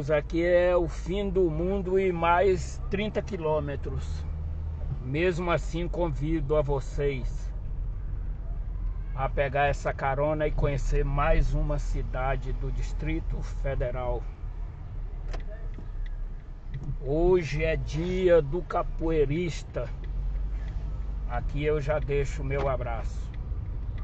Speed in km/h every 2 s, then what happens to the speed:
8, 13, 12, 16, 17, 18, 16, 15, 16, 14, 11, 13.
0-8 speeds up to 17. 8-24 steady at about 15.